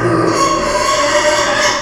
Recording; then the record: squeal of a Yucatan mini pig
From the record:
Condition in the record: before surgery on the right vocal fold (resection and tissue-engineered implant); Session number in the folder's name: 1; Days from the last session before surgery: -3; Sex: male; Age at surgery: 12 weeks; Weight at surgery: 13 kg